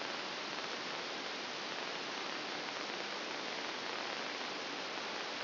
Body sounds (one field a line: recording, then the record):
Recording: brain microelectrode recording played as sound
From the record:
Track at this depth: outside the subthalamic nucleus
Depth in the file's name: 0.581 mm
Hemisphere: left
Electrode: 2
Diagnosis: Parkinson's disease